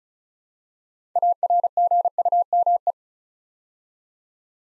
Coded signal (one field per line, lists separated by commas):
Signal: Morse code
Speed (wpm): 36 wpm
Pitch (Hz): 700 Hz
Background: none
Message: ARGUME